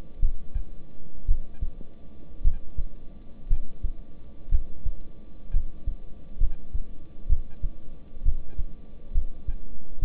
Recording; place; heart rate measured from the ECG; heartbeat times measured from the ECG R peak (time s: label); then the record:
heart sounds by stethoscope; between the tricuspid and mitral areas; 61 bpm
0.20 s: heartbeat
1.26 s: heartbeat
2.42 s: heartbeat
3.48 s: heartbeat
4.49 s: heartbeat
5.51 s: heartbeat
6.38 s: heartbeat
7.27 s: heartbeat
8.23 s: heartbeat
9.12 s: heartbeat
10.00 s: heartbeat
From the record:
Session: rest, lying down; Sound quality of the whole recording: good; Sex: male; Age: 26 years